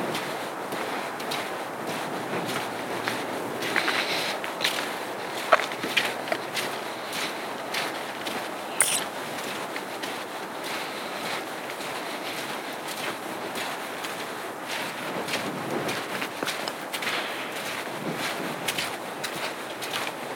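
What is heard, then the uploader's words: Footsteps on a wet, icy winter trail make a steady crunching shuffle throughout, with sharper clicks and crackles scattered among them. A constant hiss of rain or wind runs underneath, with a few louder scuffs near the four- and five-second marks. Short, Refreshing Winter Hike (Maybury Hiking Short Loop). In the winter, the conditions of this short hike are cold and wet, hovering around freezing temperatures with a mixture of rain and ice. This short session was recorded on the Sound Devices MixPre-6 audio recorder and DPA Binaural headset mic.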